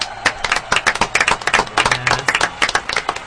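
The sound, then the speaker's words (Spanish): Steady applause from a small group welcoming a band's members as guests on a program, many hands clapping in a quick, uneven patter that holds at a fairly even loudness for a few seconds, with no voices standing out. “Un aplauso muy grande para ellos.”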